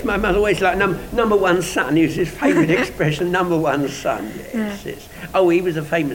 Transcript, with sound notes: My mother always liked, "Number One Son" was his favourite expression. [laughs] "Number One Son". Yes. Oh he was famous.